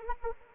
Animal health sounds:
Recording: mosquito wingbeat signal from an infrared sensor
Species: Anopheles arabiensis

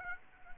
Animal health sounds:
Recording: mosquito wingbeat signal from an infrared sensor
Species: Aedes aegypti

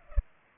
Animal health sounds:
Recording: mosquito wingbeat signal from an infrared sensor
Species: Culex pipiens

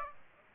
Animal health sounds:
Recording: mosquito wingbeat signal from an infrared sensor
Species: Aedes aegypti

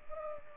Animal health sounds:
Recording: mosquito wingbeat signal from an infrared sensor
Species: Culex pipiens

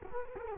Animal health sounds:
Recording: mosquito wingbeat signal from an infrared sensor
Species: Culex quinquefasciatus

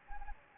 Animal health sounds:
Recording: mosquito wingbeat signal from an infrared sensor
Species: Anopheles gambiae

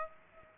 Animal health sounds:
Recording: mosquito wingbeat signal from an infrared sensor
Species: Aedes aegypti

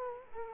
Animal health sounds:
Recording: mosquito wingbeat signal from an infrared sensor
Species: Culex quinquefasciatus

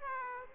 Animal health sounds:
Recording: mosquito wingbeat signal from an infrared sensor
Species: Aedes aegypti

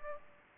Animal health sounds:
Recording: mosquito wingbeat signal from an infrared sensor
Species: Aedes aegypti

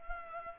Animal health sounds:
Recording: mosquito wingbeat signal from an infrared sensor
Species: Culex pipiens

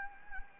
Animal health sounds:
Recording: mosquito wingbeat signal from an infrared sensor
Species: Anopheles gambiae

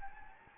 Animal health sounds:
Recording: mosquito wingbeat signal from an infrared sensor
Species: Anopheles gambiae

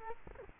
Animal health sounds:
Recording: mosquito wingbeat signal from an infrared sensor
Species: Culex quinquefasciatus

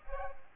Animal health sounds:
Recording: mosquito wingbeat signal from an infrared sensor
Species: Culex pipiens

